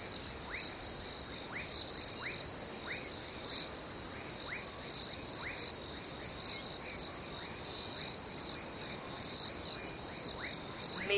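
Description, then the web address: Crickets giving a constant high, shrill trill with pulsing chirps beneath, while a bird repeats short notes throughout. "the sound pack tree. crickets and birds"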